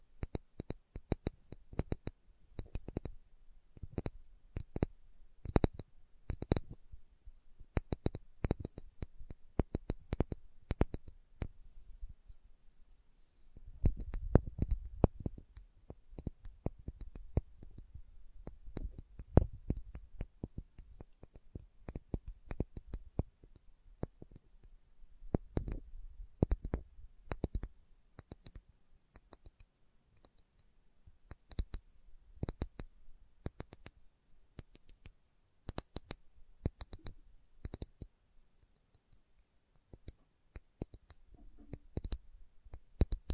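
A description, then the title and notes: Slow tapping in irregular sharp clicks, sometimes spaced apart, sometimes in quick clusters, with a soft low thud around fifteen seconds. ASMR Slow Tapping for Deep Sleep (No Talking).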